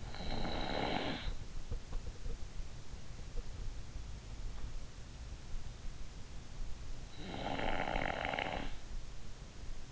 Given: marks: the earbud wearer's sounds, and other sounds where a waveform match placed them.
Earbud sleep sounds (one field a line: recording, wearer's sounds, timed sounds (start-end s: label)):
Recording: sounds in sleep by an in-ear microphone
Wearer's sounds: snoring breath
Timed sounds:
0.00-1.30 s: snoring breath
7.13-8.79 s: snoring breath